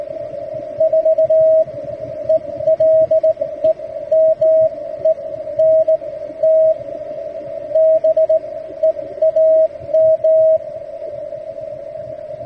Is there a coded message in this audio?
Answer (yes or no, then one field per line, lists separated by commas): yes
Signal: Morse code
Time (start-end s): 0.8-10.6 s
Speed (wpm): 18 wpm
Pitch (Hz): 640 Hz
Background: radio noise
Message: 4 ELEMENT BEAM